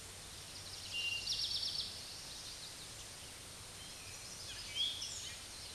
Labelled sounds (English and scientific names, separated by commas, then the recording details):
Eastern Towhee (Pipilo erythrophthalmus) song
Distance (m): 20 m
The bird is about 5 m above the microphone
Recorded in a Pennsylvania forest on 16 May 2024 at 06:30
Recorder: AudioMoth, point MSD-2304
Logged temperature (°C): 16.0 °C
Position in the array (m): 230 m, 166 m